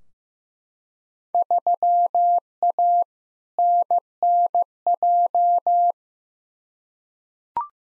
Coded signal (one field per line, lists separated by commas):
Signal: Morse code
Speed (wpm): 15 wpm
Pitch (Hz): 700 Hz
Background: none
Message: 3A NNJ